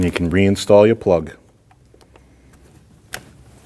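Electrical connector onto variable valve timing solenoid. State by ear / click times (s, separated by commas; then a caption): seated / 3.1 s. Someone talks, then the plastic electrical plug is pushed back onto a new exhaust variable valve timing solenoid on a 2013-2019 Ford Escape 1.5L L4, with a few faint handling ticks. A single sharp, loud click at 3.1 s marks the connector seating.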